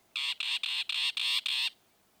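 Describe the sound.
Northern mockingbird giving six harsh, rasping notes in a steady series, then silence.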